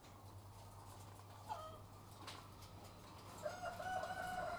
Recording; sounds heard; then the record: poultry house recording; sick chickens (respiratory disease)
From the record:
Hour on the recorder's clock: 12